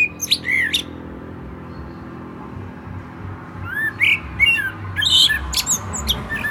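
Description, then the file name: Common blackbird song: short fluty whistled phrases ending in thin squeaky twitters, repeated after a quiet gap, over a faint low hum. "Turdus merula"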